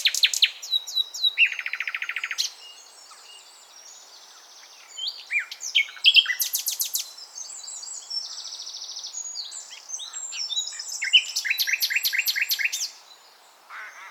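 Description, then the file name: Common nightingale song: rapid varied phrases of repeated notes, fast trills and buzzy rattles at high pitch, with short pauses between bursts. "Luscinia megarhynchos"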